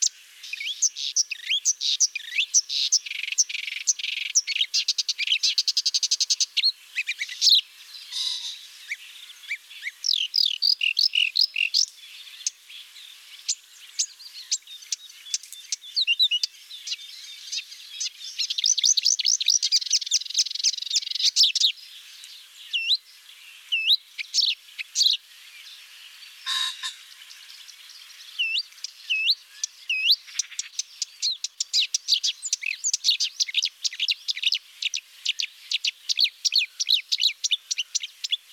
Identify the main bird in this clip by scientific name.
Acrocephalus palustris